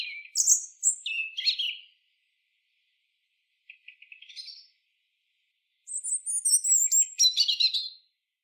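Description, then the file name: European robin song: a sparkling high warble, then a quiet pause, a short soft twitter, and another rippling phrase of thin whistles and trills. "Erithacus rubecula"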